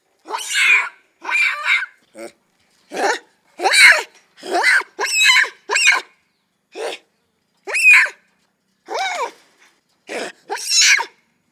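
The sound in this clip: Macaque calls: a series of short, harsh barks and screechy cries in separate bursts against a silent background.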